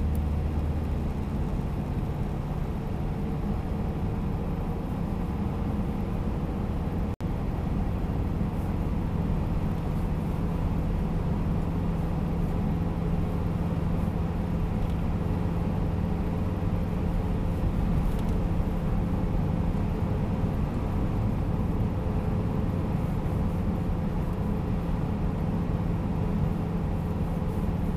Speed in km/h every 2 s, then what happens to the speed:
79, 83, 86, 88, 90, 91, 92, 93, 95, 95, 93, 94, 94, 94.
0-16 speeds up to 95. 16-28 steady at about 94.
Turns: none.